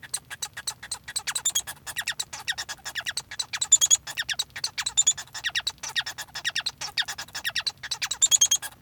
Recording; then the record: song of a male Bengalese finch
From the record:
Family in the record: son of father 1